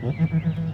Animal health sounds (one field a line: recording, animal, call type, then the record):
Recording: contact call of a hoofed animal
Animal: goat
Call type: low-frequency (closed-mouth) or high-frequency (open-mouth) call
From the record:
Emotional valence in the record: negative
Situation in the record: short social isolation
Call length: 0.74 s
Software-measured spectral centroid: 960 Hz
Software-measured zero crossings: 600 a second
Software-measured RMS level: -24 dBFS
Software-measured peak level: -13 dBFS